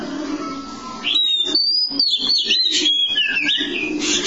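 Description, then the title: Oriental magpie-robin song of clear, gliding whistles and short twittering notes over a steady low background hum. Long-duration song. "Kacer Durasi Panjang"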